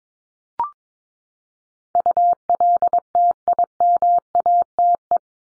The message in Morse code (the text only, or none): ULTIMATE